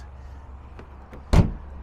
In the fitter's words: the middle you get both locks nice